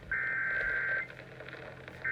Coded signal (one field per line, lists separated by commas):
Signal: Emergency Alert System (SAME) tones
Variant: header bursts